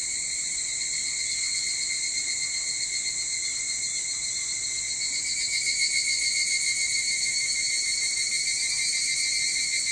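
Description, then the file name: Evening cicada chorus, a high continuous shimmering whine with quick pulsations that grows somewhat stronger after the midpoint. Recorded 22 July 2023 at 04:40. "higurashi 230722 0440"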